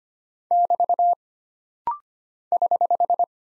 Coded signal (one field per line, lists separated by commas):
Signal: Morse code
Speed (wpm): 25 wpm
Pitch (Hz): 700 Hz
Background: none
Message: <BT> <HH>